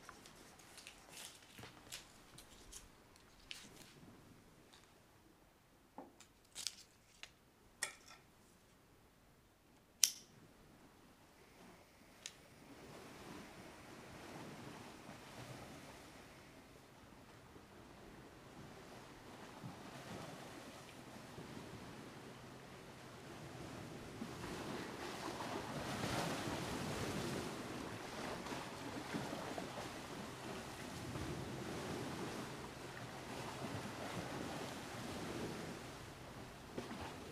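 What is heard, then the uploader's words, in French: Waves off Phú Quốc wash in as a soft, continuous rush that slowly builds, swelling into a fuller, louder surge from about 24 seconds onward. In the first twelve seconds, sharp clicks and knocks break through the quieter water sound, with a loud snap near 10 seconds. Un voyage sonore dans les vagues de Phú Quốc, au large du Cambodge.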